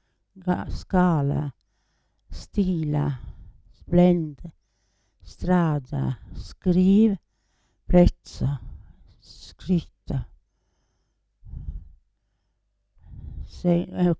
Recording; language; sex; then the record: read list of words; Italian; female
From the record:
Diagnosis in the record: Parkinson's disease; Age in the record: 80 years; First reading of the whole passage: 169 s, 3.1 characters per second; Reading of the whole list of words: 101 s, 2.8 characters per second